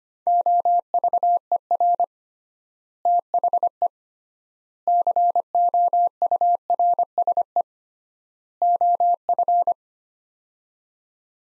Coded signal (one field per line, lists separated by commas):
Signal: Morse code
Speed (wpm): 25 wpm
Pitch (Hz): 700 Hz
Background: none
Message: OVER THE COURSE OF